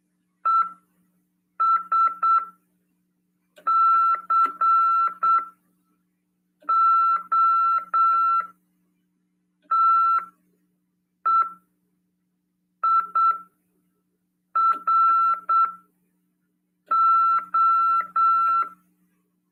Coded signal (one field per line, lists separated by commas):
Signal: Morse code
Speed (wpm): 8 wpm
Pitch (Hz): 1340 Hz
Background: none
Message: ESCOTEIRO